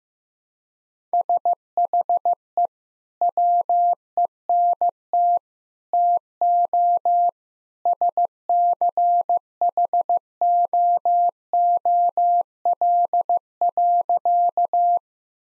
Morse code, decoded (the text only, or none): SHE WENT TO SCHOOL.